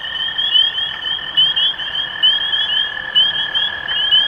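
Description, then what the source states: Spring peepers give high rising peeps in a dense chorus, accompanied by a continuous lower steady tone throughout. Recorded 23 March 2012.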